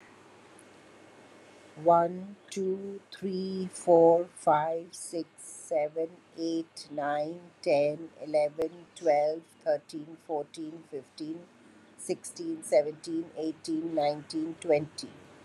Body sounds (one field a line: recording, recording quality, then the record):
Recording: counting at a normal pace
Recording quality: excellent, no background noise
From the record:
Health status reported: recovered from COVID-19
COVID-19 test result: negative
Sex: female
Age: 57 years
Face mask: not worn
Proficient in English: yes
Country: India